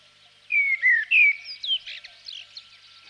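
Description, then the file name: Common blackbird song: clear, fluty, descending whistled phrases, then a quick, softer twittering flourish. "chernyy drozd"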